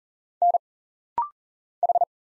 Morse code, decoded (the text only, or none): N H